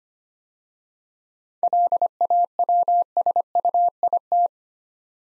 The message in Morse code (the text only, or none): LAWSUIT